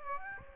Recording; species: mosquito wingbeat signal from an infrared sensor; Aedes aegypti